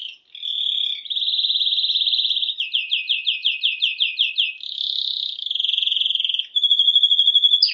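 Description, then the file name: Canary delivering long sustained rolled trills, a series of repeated swooping notes, then more steady buzzing rolls. "Canary Voice"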